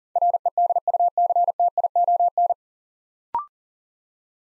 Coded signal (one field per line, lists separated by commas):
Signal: Morse code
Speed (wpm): 39 wpm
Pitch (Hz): 700 Hz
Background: none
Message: REDUCTION